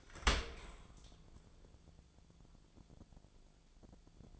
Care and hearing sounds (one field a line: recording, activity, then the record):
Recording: daily activity, microphone in the room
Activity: open dishwasher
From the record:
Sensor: 5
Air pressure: 1000.6 hPa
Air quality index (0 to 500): 148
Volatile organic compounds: 2 ppm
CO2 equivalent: 1140 ppm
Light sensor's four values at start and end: 40/91/39/42 and 41/92/39/43